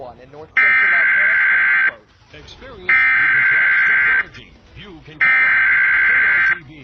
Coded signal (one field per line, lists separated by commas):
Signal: Emergency Alert System (SAME) tones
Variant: header bursts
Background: speech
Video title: scariest eas alerts